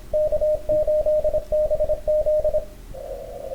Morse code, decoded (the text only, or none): K8BZ